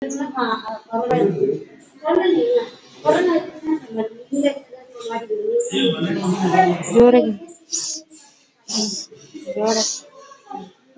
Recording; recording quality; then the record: deep breathing; moderate, slight background noise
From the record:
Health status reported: COVID-19 positive, mild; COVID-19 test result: positive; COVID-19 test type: RT-PCR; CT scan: not taken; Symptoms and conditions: cough, cold, fever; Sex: female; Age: 26 years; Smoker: no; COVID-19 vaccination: both doses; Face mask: worn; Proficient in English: yes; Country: India